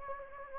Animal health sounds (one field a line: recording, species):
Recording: mosquito wingbeat signal from an infrared sensor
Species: Anopheles gambiae